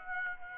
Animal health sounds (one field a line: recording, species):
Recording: mosquito wingbeat signal from an infrared sensor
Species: Aedes aegypti